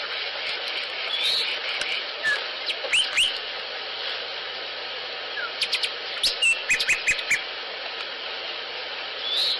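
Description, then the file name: Sinaloa Wren giving short, sharp clicking and chirping calls in scattered bursts, over steady hiss. Recorded 25 August 2008. "Sinaloa Wren Baxter"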